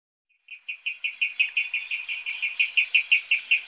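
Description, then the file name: Water rail call series: a rapid, steady run of sharp pulsed notes, growing slightly louder as it goes on. "Vattenrall"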